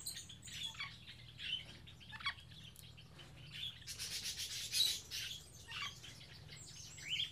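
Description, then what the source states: Birds uttering scattered high chirps and short whistles, mixed with rasping, scratchy rustles in the middle and a steady low hum beneath. Birds kept in an aviary on Spetses.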